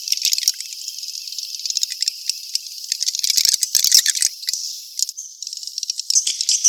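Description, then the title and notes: Swiftlet chirping calls, a dense stream of high, buzzy twitters with scattered sharp clicks, uneven and overlapping throughout. Asia; recording used in swiftlet farming to attract birds. "Swiflet Bird Sound. Farming Swiflet Bird asia sound"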